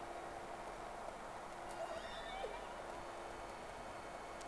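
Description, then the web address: Whale calls: a few faint curving tonal sweeps overlapping one another, over a steady low hum and a few sharp clicks. Two whales recorded on 3 October 2006, first round of recording. "Sea Snake 10-3-06 Whales X 2 11-30 Round 1"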